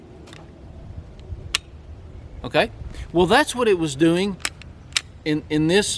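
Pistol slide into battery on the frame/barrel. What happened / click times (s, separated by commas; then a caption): The metal slide snapped fully forward into place / 1.6 s. On a Glock 17 pistol with a suppressor problem, the steel slide has stopped short of battery; when the trigger is eased off slightly, the slide snaps fully forward into battery on the frame and barrel with a loud, sharp clack at 1.6 s. A few faint ticks come before it, and someone talks afterward.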